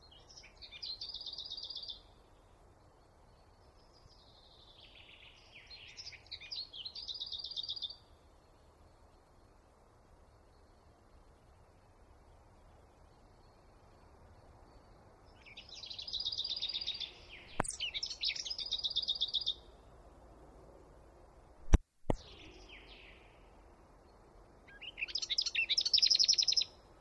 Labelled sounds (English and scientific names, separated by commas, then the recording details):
Lesser Whitethroat (Sylvia curruca) song
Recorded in the wild
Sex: male
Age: adult
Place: Erlangen, Bayern, DE
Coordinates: 49.6083, 10.935
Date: 1962-05-14
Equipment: Stellavox SM 5, Vorverstärker, langes Kabel
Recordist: Tretzel, Erwin